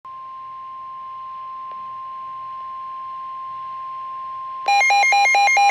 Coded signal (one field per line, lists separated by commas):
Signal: Emergency Alert System (SAME) tones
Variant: 1050 Hz attention tone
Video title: EAS 20: Severe Thunderstorm Warning